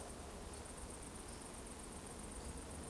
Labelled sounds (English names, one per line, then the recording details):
Eurasian Woodcock whistle
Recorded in Baden-Württemberg, Germany, on 23 June 2020 at 20:31 UTC
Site 14569, 102 m above sea level